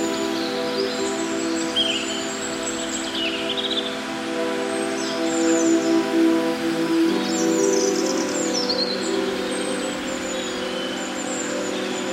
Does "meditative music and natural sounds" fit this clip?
yes